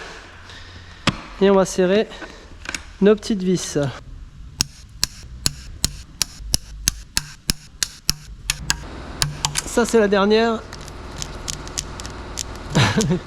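Someone talks while small screws in the oil pan area of an automatic gearbox housing are tightened with a torque wrench set to 12 Nm. Sharp metallic clicks ring out at 4.6, 5.5, 5.8, 6.2, 8.1 and 9.2 seconds as the wrench releases at its setting on the screws, followed by softer taps near the end.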